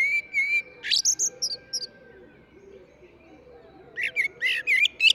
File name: Eurasian Blackbird